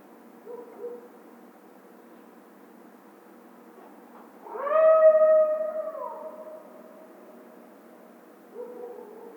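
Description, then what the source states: Coyote howl: one long note in the middle that rises, holds, then falls, with fainter short notes before and after against a quiet background. Coyote howl, recorded 16 March 2010.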